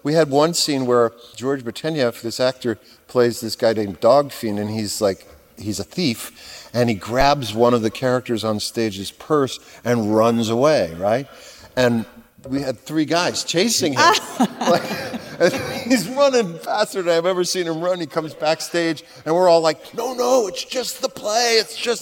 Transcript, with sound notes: We had one scene where George Bartenieff, this actor, plays this guy named Dog Fiend. And he's like, he's a thief. And he grabs one of the character's onstage purse and runs away, right? And we had three guys chasing him.
(LAUGHTER)
Like, he's running faster than I have ever seen him run. He comes backstage. And we're all like, no, no, it's just the play,